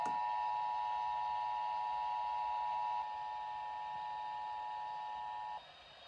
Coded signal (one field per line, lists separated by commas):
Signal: Emergency Alert System (SAME) tones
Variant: 853 and 960 Hz attention tone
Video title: EAS#139 Child Abduction Emergency